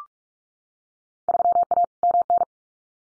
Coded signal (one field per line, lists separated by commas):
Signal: Morse code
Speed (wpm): 46 wpm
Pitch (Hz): 700 Hz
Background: none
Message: 3A MN